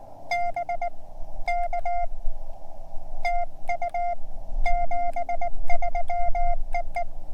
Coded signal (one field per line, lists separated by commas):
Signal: Morse code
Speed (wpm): 19 wpm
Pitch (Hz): 700 Hz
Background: none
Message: BK TU 73 EE